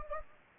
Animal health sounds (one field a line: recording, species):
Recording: mosquito wingbeat signal from an infrared sensor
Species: Anopheles gambiae